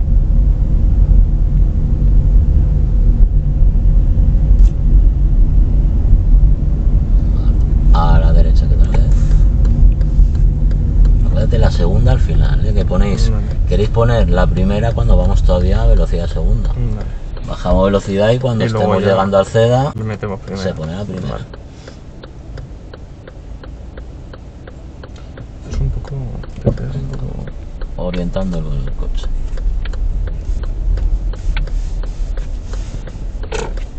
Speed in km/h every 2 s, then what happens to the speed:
24, 25, 26, 26, 24, 16, 13, 7, 1, 0, 0, 1, 0, 2, 6, 7, 4.
0-8 steady at about 25. 8-16 slows to 1. 16-26 standing. 26-34 steady at about 4.